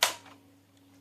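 A laptop's plastic bottom cover is refitted onto the base after a RAM upgrade, pressed in right side first, then the bottom, then the top, with care not to break the plastic tabs. A sharp snap is heard at 0.0 s as the clips engage, followed by quiet with a steady low hum. The cover is seated.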